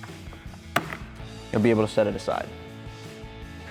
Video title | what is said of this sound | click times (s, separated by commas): 2015-2017 F-150 Raxiom XR Series LED Projector Headlights with DRL Review & Install | They're really just snapped into place. So once you detach all the portions, | 0.8 s